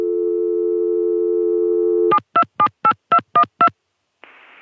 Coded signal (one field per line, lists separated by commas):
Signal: DTMF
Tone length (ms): 80 ms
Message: 7278212